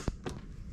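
A plastic water trap is slid into its slot on an ETCO2 capnography monitor, a change made between patients. A short, sharp click at 0.1 s shows it has seated, followed by a second, broader brief sound at about 0.3 s against low background noise.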